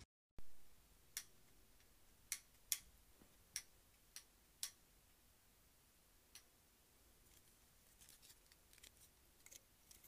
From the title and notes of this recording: ASMR: Hair Clips.